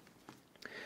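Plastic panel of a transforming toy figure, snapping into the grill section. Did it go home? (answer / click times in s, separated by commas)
yes / 0.7 s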